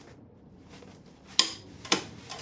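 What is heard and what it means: A torque wrench set to 210 pulls the crank pulley bolt on a 2008 Acura MDX until the wrench gives a sharp click at 1.4 s, confirming the setting was reached. Fainter metallic ticks follow at about 1.9 s and 2.3 s over a quiet background.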